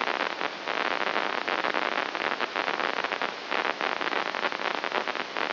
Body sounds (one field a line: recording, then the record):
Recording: brain microelectrode recording played as sound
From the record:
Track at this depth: inside the subthalamic nucleus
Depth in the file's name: 3.818 mm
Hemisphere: left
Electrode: 2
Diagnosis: Parkinson's disease